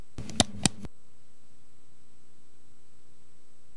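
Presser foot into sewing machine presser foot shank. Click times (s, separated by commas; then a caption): 0.4 s. A new presser foot is placed under the center of a sewing machine's presser foot shank, and the presser foot lifter is lowered so the shank fits over the foot pin. The foot snaps into place with a sharp, loud click at 0.4 s, followed by a second click at about 0.7 s. Quiet follows.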